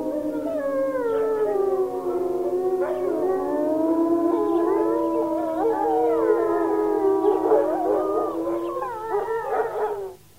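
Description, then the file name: Wolf pack howling, long smooth overlapping tones with a few short yips breaking in, ending abruptly. "vlk vyti"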